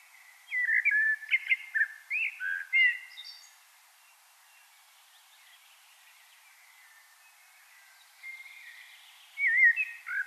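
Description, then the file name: Common blackbird delivering a rich whistled warble with sharp high twitters, then a long near-silent stretch before soft notes and another phrase begin. "Turdus merula"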